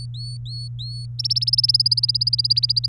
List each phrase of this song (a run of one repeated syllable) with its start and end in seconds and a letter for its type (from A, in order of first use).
0.00-1.06 A, 1.19-2.86 B